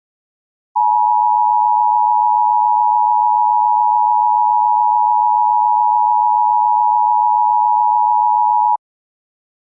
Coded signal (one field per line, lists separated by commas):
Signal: Emergency Alert System (SAME) tones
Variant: 853 and 960 Hz attention tone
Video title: EAS Reenactment Mock: Texas issues a Blue Alert for the first time